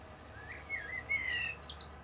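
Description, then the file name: Common blackbird softly singing a brief mellow whistled phrase that ends in two faint high squeaky notes over a low background rumble. "Turdus merula"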